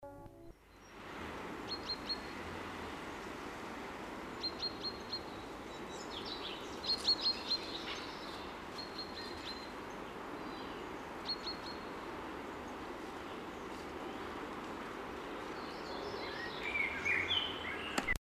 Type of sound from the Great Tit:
call